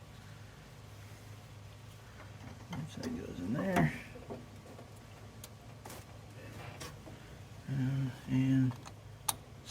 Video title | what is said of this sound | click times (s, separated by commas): CB Performance Magnaspark II install | snaps into place | 9.3 s